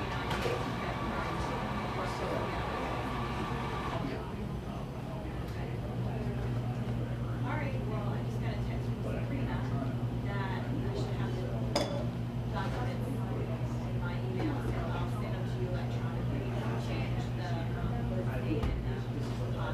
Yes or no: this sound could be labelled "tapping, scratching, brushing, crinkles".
no